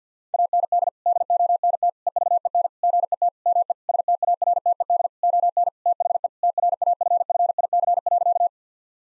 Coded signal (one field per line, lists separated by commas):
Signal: Morse code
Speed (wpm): 50 wpm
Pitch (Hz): 700 Hz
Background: none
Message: AND DONT EVEN GET ME STARTED ON THE TRAFFIC.